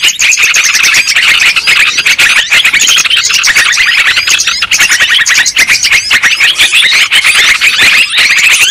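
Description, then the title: Shrill lovebird chatter from many birds at once, rapid twittering squeals running together in an unbroken, busy stream. Lure sound used for trapping lovebirds. "PIKAT BURUNG LOVEBIRD"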